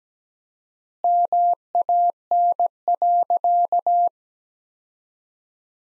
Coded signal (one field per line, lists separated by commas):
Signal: Morse code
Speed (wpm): 17 wpm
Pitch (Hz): 700 Hz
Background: none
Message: MAN.